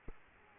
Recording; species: mosquito wingbeat signal from an infrared sensor; Aedes aegypti